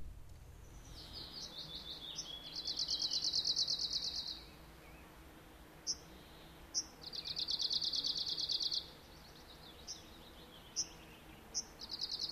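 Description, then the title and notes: Arctic warbler singing two rapid, metallic, high-pitched trills, each lasting about two seconds, with a couple of short sharp ticks between them, then more ticks and the start of a third trill at the end, over background noise. "Viikon luontoääni: Lapinuunilintu. Pertti Koskimies"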